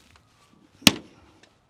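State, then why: Seated. A quarter panel glass on a Subaru Impreza, sitting slightly out of position in its car body opening, is pressed down until it seats with one loud, sharp snap at 0.9 s, followed by a brief decaying tail. A few faint ticks are heard before and after. The glass pops into place and appears intact.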